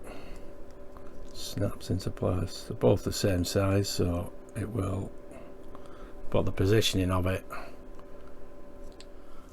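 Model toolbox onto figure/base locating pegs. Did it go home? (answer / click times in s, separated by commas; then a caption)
yes / 9.0 s. A small plastic toolbox for a ground crew figure in a Hachette Spitfire Mk1a diorama is pressed onto its two locating pegs while someone talks, with a few quiet clicks along the way. It snaps into place at 9.0 s and holds firmly without needing glue.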